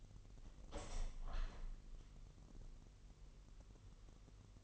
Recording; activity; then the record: daily activity, microphone in the room; open window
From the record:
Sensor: 4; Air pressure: 1001.1 hPa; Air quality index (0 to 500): 245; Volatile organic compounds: 42 ppm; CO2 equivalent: 3186 ppm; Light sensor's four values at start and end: 9/19/8/7 and 9/20/8/7